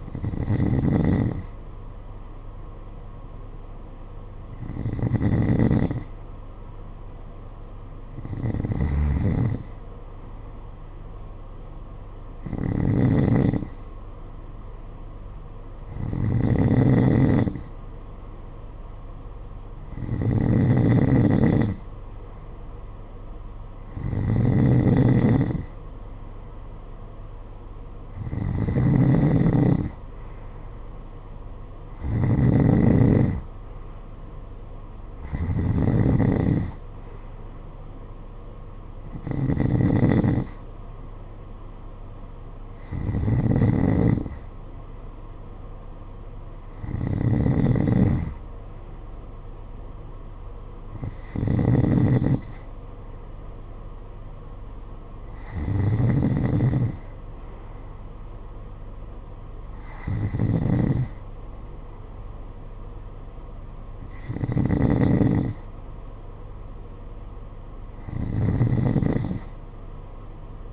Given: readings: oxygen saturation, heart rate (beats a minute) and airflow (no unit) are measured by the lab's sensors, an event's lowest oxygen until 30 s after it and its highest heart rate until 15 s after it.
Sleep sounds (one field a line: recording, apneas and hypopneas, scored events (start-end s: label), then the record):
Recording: breathing in sleep by a smartphone at the bedside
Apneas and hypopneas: none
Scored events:
none scored
From the record:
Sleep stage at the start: N2 (light sleep)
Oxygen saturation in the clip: 91 to 92%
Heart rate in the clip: 51 to 57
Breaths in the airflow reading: 18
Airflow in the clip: -8.7 to 7.1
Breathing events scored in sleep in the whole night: 476 in 9.7 hours asleep